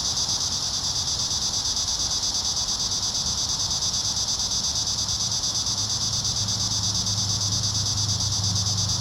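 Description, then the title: Cicadas singing in a dense, steady chorus, a shrill buzzing hiss with fast pulsing throughout; a faint low hum underneath in the second half. Several cicadas singing in a park. "neoscenes: cicadas in the park"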